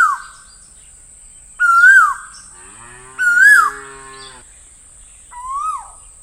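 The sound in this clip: Bird giving repeated swelling whistles that arc up and down, four in all, with a low, long harmonic moan beneath the third call.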